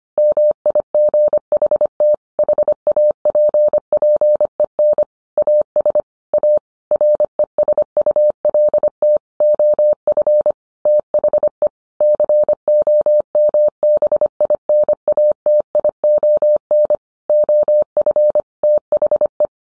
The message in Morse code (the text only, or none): MIGHT HAPPEN AS A RESULT OF THE COMBINATION OF THE